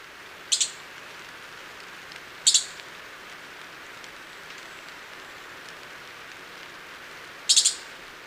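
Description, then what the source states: Esmeraldas antbird giving three short, sharp, high chip bursts over a steady hiss of background noise. Recorded in Ecuador.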